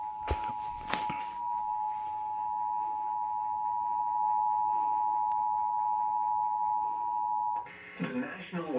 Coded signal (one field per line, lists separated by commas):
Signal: Emergency Alert System (SAME) tones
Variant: 853 and 960 Hz attention tone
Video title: First ever Flash Flood Warning on TV! | EAS #120